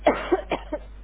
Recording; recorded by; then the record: voluntary cough; telephone call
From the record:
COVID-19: positive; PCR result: checked with the laboratory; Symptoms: no